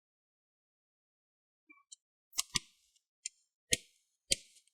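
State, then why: Released. A pick is run along the front edge of an HP 15 EH0003 laptop and twisted outward, unhooking the plastic bottom cover clips from the palm rest one after another. After a quiet start, sharp clicks sound at 1.9, 2.4, 2.6, 3.3, 3.7 and 4.3 seconds as the clips release.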